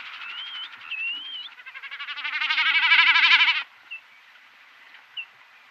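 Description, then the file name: Common snipe giving a pulsing, bleating drum that builds to a loud peak and cuts off sharply, preceded by two wavering whistled notes. "Bekassine"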